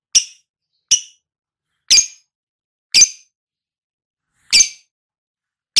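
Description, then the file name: Lovebird calls: six piercing, high chirps at roughly one-second intervals, each short and harsh, with a longer gap before the fifth. Lovebird recording of ngekek trilling, described as auto gacor. "suara burung lovebird ngekek auto gacor"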